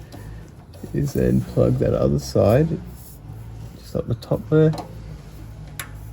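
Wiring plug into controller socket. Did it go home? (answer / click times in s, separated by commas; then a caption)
yes / 5.8 s. A wiring plug is pushed into its socket at the top of a controller while someone talks. A sharp click is heard at 5.8 seconds as the connector seats in.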